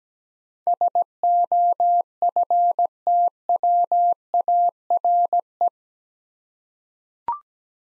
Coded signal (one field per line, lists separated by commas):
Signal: Morse code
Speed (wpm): 17 wpm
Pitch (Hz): 700 Hz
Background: none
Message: SOFTWARE